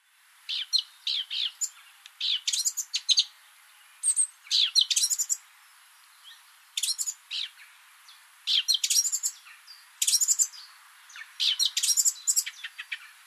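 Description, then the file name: Eurasian blackcap delivering repeated short bursts of fast, scratchy twittering separated by brief pauses. "Sylvia atricapilla"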